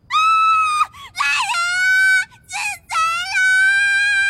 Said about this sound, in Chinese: 少女的尖叫声堪比好几只鸡一起打鸣，那效果是立竿见影的。